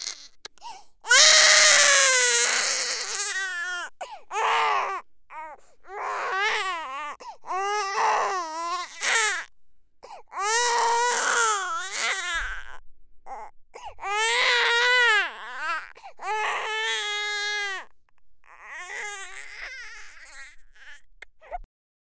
Baby Crying.